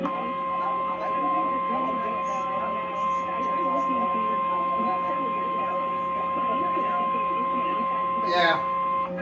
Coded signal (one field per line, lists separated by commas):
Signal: Emergency Alert System (SAME) tones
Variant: 1050 Hz attention tone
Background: speech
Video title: OKC & TULSA’S DESTRUCTION - EAS Alerts From 5/6/24 - 5/724 (EAS #1668-1679)